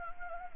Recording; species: mosquito wingbeat signal from an infrared sensor; Anopheles gambiae